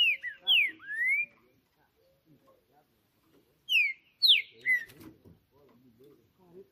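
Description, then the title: Green-winged saltator song in two bursts of loud clear whistles, rising and falling slurs, separated by a silent pause of around two seconds; faint noises afterward. Birds singing hard in a song contest on a roof, in a dispute; the Portuguese title calls the singing 'macheando', and two birds named Trinca Justiceiro and FBI are involved. "TRINCA Piando, Cantando E Macheando Na DISPUTA. Trinca Ferro CANTANDO MUITO de CARA em CIMA do TELHADO! Disputa INSANA!! TRINCA JUSTICEIRO & FBI"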